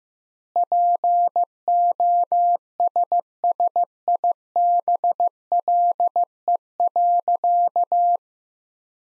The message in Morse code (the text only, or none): POSSIBLE.